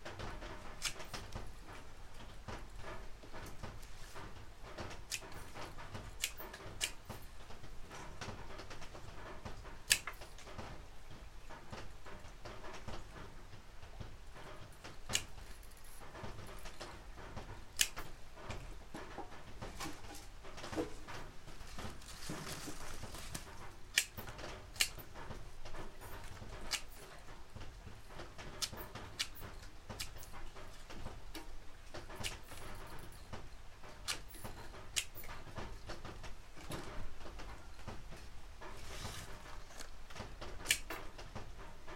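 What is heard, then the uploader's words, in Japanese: Freshly harvested green onions are being trimmed and prepared: peeling, cutting off leaves, weighing and bundling. Frequent sharp snaps, rustles and handling clicks come irregularly throughout, several per second at times, over a steady low background hum. 出荷日の昼下がり。収穫してきたネギの調整作業中(皮むき、葉落とし、軽量、束にする)。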